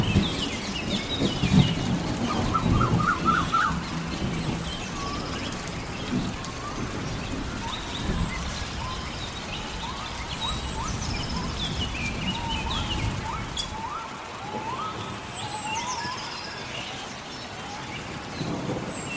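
A rainstorm in the forest, with a steady wash of rain and low rumbling throughout. Birds call repeatedly over it, short chirps and whistled phrases scattered across the whole span, with heavier low rumbles near the start and briefly near the end.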